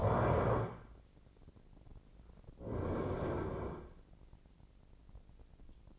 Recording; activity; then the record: daily activity, microphone in the room; stand up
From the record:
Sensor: 5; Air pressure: 1009.3 hPa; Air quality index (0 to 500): 158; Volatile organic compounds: 2 ppm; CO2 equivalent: 1207 ppm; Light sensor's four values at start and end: 245/591/249/270 and 249/600/253/274